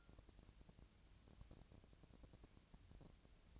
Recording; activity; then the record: daily activity, microphone in the room; take from stove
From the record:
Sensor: 2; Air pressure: 999.8 hPa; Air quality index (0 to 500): 124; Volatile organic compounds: 2 ppm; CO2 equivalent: 1067 ppm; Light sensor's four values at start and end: 32/78/34/38 and 32/78/34/38